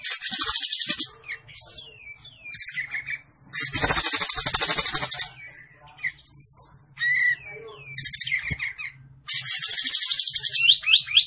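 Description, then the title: Olive-winged bulbul song: long bursts of dense, buzzy, rattling chatter alternate with shorter whistled and chirping phrases, plus a steady low electrical hum throughout. Masteran training recording for cage birds; bird singing prolifically (gacor). "Masteran Kapas Tembak Gacor"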